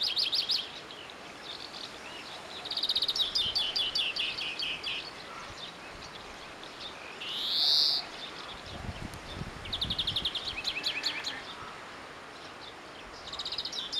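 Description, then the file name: European greenfinch with repeated rapid trilled twitters and a single upslurred wheeze near the middle. "Chloris chloris"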